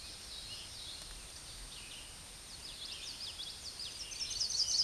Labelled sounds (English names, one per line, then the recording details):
Common Yellowthroat song
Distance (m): 20 m
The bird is about 5 m above the microphone
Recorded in a Pennsylvania forest on 16 May 2024 at 09:34
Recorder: AudioMoth, point MSD-0665
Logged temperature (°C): 16.1 °C
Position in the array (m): 90 m, 93 m